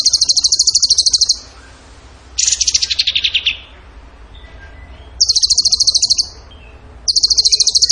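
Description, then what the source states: Bird song of fast, high rattling trills, one dropping slightly lower and buzzier, repeated in four bursts with short pauses. Masteran (training song) of a bird singing in the gacor tembakan style.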